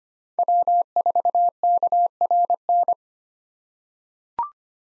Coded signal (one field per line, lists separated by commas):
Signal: Morse code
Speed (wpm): 25 wpm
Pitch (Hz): 700 Hz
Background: none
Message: W4KRN